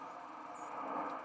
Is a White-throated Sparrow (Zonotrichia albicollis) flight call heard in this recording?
yes